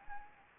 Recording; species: mosquito wingbeat signal from an infrared sensor; Anopheles arabiensis